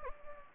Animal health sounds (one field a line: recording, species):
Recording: mosquito wingbeat signal from an infrared sensor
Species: Anopheles gambiae